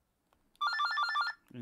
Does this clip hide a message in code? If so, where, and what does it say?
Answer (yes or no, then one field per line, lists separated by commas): no